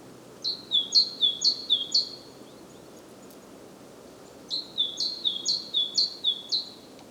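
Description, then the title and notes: Great tit singing two bursts of repeated see-saw phrases, each about two seconds long, separated by a pause of roughly two seconds of quiet hiss. Recorded at Głodówka, Žilina Region, Slovakia, with a Zoom F3 recorder and Usi Pro microphones. "Głodówka, Kraj żyliński, Słowacja - Great voice of a great tit. Recordist: Maciej Wirmański"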